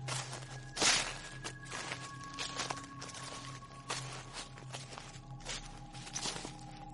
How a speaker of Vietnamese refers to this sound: Tiếng bước chân vang lên ở trong rừng, dẫm lên những chiếc lá khô xào xạc loạt xoạt.